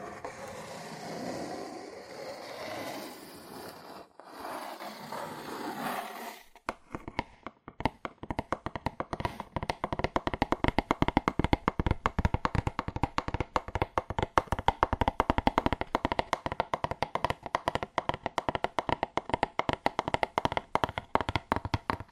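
Fast, aggressive tapping on cardboard. The first six seconds hold a softer, smoother scratching or rubbing sound with a brief pause near the four-second mark. Then rapid, dense taps start and continue without letup to the end, sharp and fairly loud.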